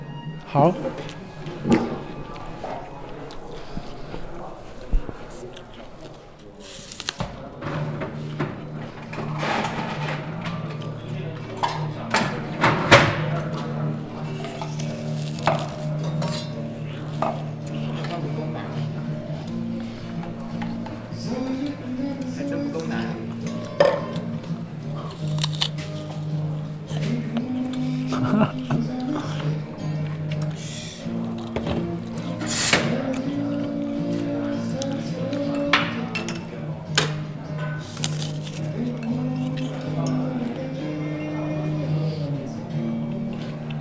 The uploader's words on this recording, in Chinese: 坐在咖啡馆有点开心｜城市声音。北京地坛旁边 没有特地录说话声。